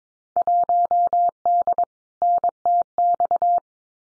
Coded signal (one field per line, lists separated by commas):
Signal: Morse code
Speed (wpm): 22 wpm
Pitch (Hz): 700 Hz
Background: none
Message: 1D NTX